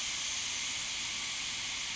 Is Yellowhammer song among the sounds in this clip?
no